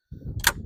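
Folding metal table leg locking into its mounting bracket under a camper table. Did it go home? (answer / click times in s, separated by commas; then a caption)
yes / 0.4 s, 0.5 s. A spring-loaded replacement folding metal leg under a camper table is folded down using its release button. After low rumbling handling noise, there is a faint click at 0.4 s and a sharp, bright click at 0.5 s. The leg locks into position in its mounting bracket.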